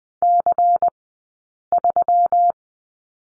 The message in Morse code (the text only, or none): C3